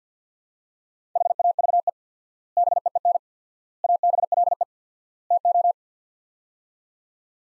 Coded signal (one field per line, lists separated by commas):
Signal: Morse code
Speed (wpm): 45 wpm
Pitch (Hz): 700 Hz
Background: none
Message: HAVE BEEN ABLE TO